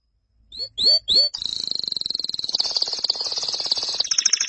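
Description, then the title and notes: Canary song opening with three quick rising whistled notes, then breaking into a long, dense, fast trill that grows louder and shifts pattern near the end. "BM Suara Kenari. BM Suara Burung Kenari"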